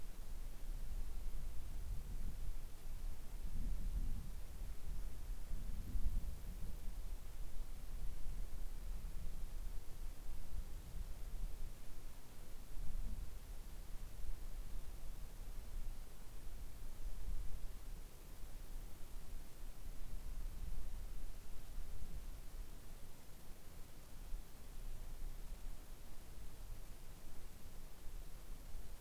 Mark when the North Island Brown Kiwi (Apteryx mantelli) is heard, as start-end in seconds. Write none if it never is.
none